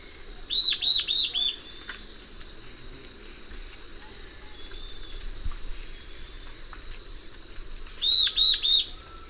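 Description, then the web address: Euler's Flycatcher singing two short phrases several seconds apart, each of three or four arched, burry notes, against a constant shrill insect drone and scattered faint chirps. Eastern lowlands of South America. "Natures Songs S America Eastern Lowlands. Lathrotriccus euleri, song"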